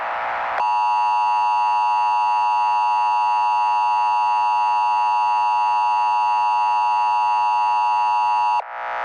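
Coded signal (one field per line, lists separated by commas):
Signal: Emergency Alert System (SAME) tones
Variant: 853 and 960 Hz attention tone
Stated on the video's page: Fictional EAS scenario, not a real alert.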